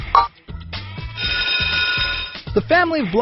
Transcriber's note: bell ringing